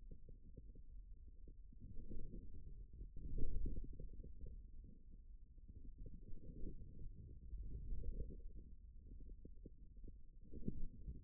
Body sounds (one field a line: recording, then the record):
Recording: forearm muscle sounds (acoustic myography)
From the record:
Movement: forearm supination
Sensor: system 1, eight BSWA MPA416 microphones around the upper forearm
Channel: 6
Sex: male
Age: 41 years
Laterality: right